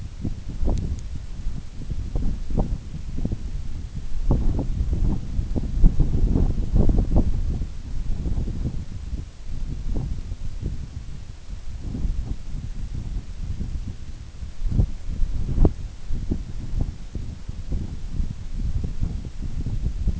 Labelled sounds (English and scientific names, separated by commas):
none